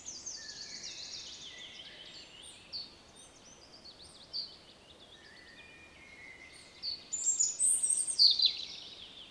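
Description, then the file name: European robin song, thin high twittering phrases at the start and a louder sparkling burst near the end, over steady background hiss. "Erithacus rubecula"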